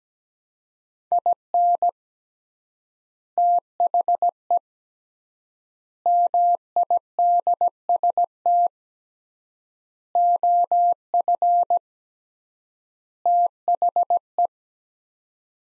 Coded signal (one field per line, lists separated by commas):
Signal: Morse code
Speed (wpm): 17 wpm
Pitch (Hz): 700 Hz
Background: none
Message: IN THE MIDST OF THE